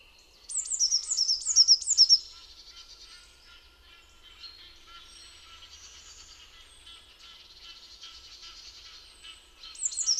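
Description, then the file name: Eurasian blue tit calls: four rapid high arched notes near the start, then a faint chatter of high notes, with more sharp notes at the end. "Cyanistes caeruleus"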